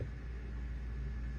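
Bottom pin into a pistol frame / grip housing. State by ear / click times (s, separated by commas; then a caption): not seated / none. The bottom pin of a Dan Wesson DWX pistol is being pressed into the frame and grip housing with a small amount of pressure against a workbench or block. Only a steady low rumble is heard, with no sharp sounds. Nothing has seated or clicked yet.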